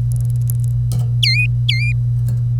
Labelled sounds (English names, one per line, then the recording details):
Domestic Canary song
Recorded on 25 April 2018 at 05:49
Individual llb3